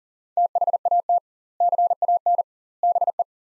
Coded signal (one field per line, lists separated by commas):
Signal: Morse code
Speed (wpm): 40 wpm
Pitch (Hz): 700 Hz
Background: none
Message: THAT CAN BE